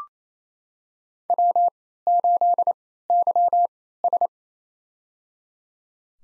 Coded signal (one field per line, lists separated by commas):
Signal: Morse code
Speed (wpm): 27 wpm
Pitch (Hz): 700 Hz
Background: none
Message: W8YS